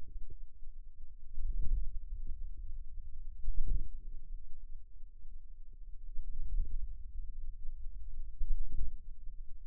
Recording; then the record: forearm muscle sounds (acoustic myography)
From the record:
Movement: hand closing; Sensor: system 2, bracelet of six BSWA MPA416 microphones around the upper forearm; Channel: 5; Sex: female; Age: 22 years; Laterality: right